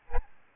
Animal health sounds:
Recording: mosquito wingbeat signal from an infrared sensor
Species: Aedes albopictus

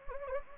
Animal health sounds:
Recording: mosquito wingbeat signal from an infrared sensor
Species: Anopheles gambiae

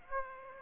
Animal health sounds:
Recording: mosquito wingbeat signal from an infrared sensor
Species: Aedes aegypti

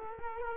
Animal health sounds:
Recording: mosquito wingbeat signal from an infrared sensor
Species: Culex quinquefasciatus

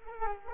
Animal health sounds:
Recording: mosquito wingbeat signal from an infrared sensor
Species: Culex quinquefasciatus

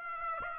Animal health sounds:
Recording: mosquito wingbeat signal from an infrared sensor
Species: Aedes aegypti

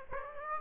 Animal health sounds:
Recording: mosquito wingbeat signal from an infrared sensor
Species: Aedes aegypti

